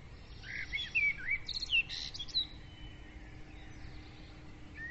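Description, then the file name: Birds singing a short flurry of whistles and chirps in the first half, then quieter with only faint notes. Several birds singing at dawn; recorded with a Zoom recorder. "Madarak hajnali dicsérete"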